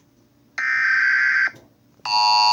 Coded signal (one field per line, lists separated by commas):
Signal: Emergency Alert System (SAME) tones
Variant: header bursts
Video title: EAS (Mock) Black Friday riots